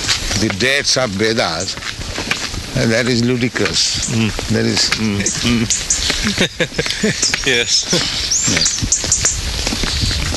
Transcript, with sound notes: the dates of Vedas, and that is ludicrous, that is... [laughs]
Yes.